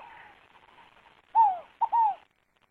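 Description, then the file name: Scaled dove song: one low, falling cooing note, then a short note and a longer falling note, with faint bird chatter before it. "canto da rolinha fogo pagou"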